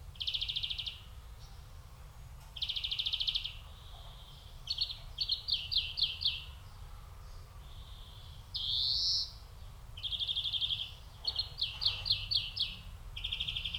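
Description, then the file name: European greenfinch twittering in rapid trilled phrases, broken by one drawn-out nasal wheeze that rises slightly, then more quick rattling trills. "Chloris chloris"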